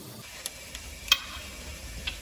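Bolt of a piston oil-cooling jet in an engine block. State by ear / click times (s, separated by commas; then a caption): torque reached / 1.1 s. A torque wrench tightens the mounting bolt of a piston oil-cooling jet in the engine block of a 16-litre Scania DC16 PDE V8 with 1.6 million km on it. The wrench clicks at its set torque at 1.1 s. Softer ticks are heard around 0.5 s and 2.1 s.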